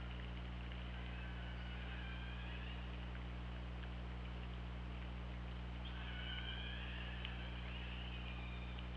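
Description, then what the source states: Killer whale calls: faint wavering tonal squeals early, then a clearer pair of level whistled calls with harmonics later, over steady low hum. Recorded on the OrcaLab hydrophone, 24 August 2017 at 08:08.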